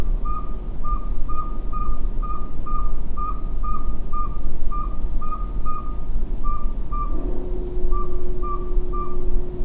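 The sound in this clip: Northern saw-whet owl giving a series of short whistled toots with a couple of brief gaps, over a steady low rumble; a long droning hum begins partway through.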